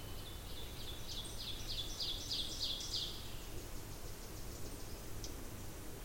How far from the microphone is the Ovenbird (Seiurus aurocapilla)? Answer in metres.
about 75 m